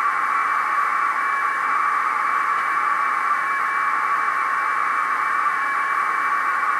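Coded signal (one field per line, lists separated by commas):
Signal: packet radio (AX.25, as in APRS)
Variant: 1200 baud AFSK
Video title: HTTP over IP over AX.25 Packet Radio at 1200 Baud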